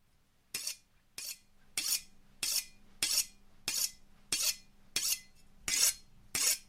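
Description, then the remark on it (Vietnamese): A knife is sharpened with ten steady, rhythmic scraping strokes, each a bright, hissing metallic rasp followed by a brief pause, the sound echoing through a silent forest. No one speaks. “Lúc đang nói chuyện thì đột nhiên thằng bé Sang nghe tiếng mài dao ở đâu xoèn xoẹt mà vọng lại.”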